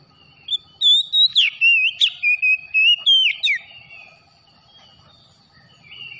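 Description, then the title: Oriental magpie-robin song of rapid, varied whistles and sharp slurred notes over about three seconds, followed by quiet with a soft thin tone. Tretes variety of the bird, singing vigorously (gacor). "Kacer Tretes Gacor"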